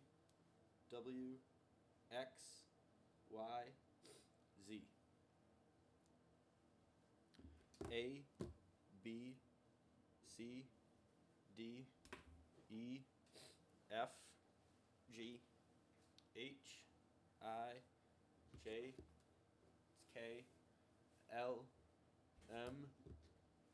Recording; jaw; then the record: letters of the alphabet, spoken; free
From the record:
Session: seven days later